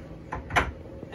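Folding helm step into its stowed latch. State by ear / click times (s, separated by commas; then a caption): seated / 0.3 s. A roughly 6-inch fold-down step at the helm of a 2024 Boston Whaler 380 Realm boat is folded up into its stowed latch. It locks into place with a knock-like snap at 0.3 s, followed by a louder, longer thump around 0.5–0.6 s.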